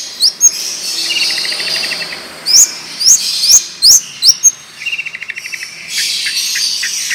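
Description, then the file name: Long-tailed shrike song mixing sharp upward-flicked notes, rapid trilled rattles and soft chatter, delivered in uneven bursts with short pauses. Long, rolling song style (ngerol panjang); bird described as singing actively (gacor). "Burung Cendet Ngerol Panjang Gacor"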